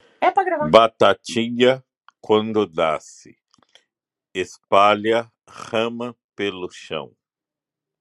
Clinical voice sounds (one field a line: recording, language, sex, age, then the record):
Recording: short text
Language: Brazilian Portuguese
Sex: male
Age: 50 to 59 years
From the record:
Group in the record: control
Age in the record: 57 years